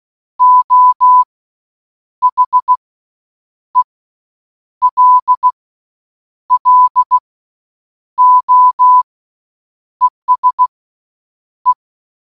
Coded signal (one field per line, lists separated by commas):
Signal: Morse code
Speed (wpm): 16 wpm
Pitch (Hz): 1000 Hz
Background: none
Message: O HELLO ESE